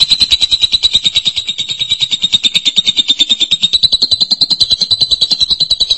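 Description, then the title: Lovebird giving a long, shrill, rapidly pulsed chatter at a steady high pitch, running without pause throughout. "Suara Burung Lovebird"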